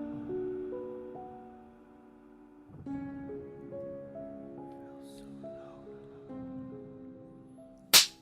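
Soft, steady instrumental music plays, then a single hard, sharp slap cracks out loudly near the end, sudden and brief above the music.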